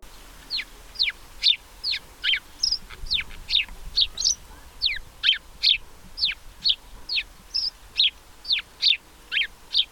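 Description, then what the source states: House sparrow scolding chatter: a steady run of sharp, harsh chirps, about two per second, continuing through the whole stretch with little else heard. Loud scolding and grumbling from bushes by a canal in Berlin, Germany; sparrows described as sociable birds that rarely travel alone, preferring noisy groups.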